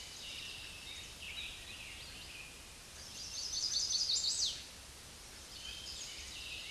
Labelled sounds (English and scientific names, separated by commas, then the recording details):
Chestnut-sided Warbler (Setophaga pensylvanica) song
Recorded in a Pennsylvania forest on 16 May 2024 at 06:54
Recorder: AudioMoth, point MSD-0178
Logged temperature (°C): 15.3 °C
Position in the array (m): 83 m, 60 m